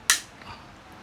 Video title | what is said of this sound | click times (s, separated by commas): สอนล้างปืน glock19 สำหรับมือใหม่ ฉบับจับมือสอน How to clean glock 19 for beginer | พอมาลักษณะนี้ปึ๊บดันให้สุดนะครับมันก็จะดังมีเสียงดังคลิกนะครับอ่า | 0.1 s